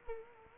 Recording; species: mosquito wingbeat signal from an infrared sensor; Culex quinquefasciatus